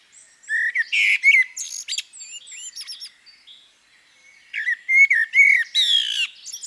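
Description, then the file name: Common blackbird song: two phrases of warm, rolling whistles, each closing with a squeaky, strained high twitter. "CHernyj drozd - Turdus merula - British Library"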